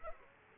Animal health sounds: mosquito wingbeat signal from an infrared sensor; Aedes aegypti

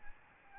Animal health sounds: mosquito wingbeat signal from an infrared sensor; Aedes albopictus

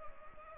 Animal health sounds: mosquito wingbeat signal from an infrared sensor; Culex pipiens

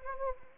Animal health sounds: mosquito wingbeat signal from an infrared sensor; Anopheles arabiensis

